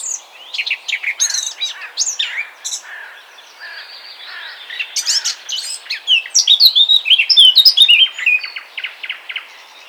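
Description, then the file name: Eurasian blackcap song: a fast scratchy warble that builds into a louder run of clear fluty whistled phrases near the end. "Sylvia atricapilla"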